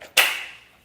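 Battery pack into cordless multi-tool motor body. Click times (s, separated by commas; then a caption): 0.2 s. A cordless multi-tool motor body is fitted onto its battery pack. After a faint tap at 0.0 s, a sharp, bright plastic snap at 0.2 s shows it seating, then rings out and fades over the rest of the clip.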